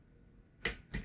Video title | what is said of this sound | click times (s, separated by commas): Using a Serpentine Belt Tension Gauge - Measuring Tension with a Krickit II Tensioner Tool | once it clicks make sure to stop pressing and now you can read your measurement | 0.7 s